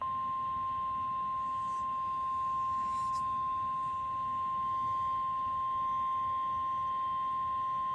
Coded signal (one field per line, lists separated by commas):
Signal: Emergency Alert System (SAME) tones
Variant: 1050 Hz attention tone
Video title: A Rude Awakening - EAS Alerts from 4/3/25 || EAS 1,688-1,700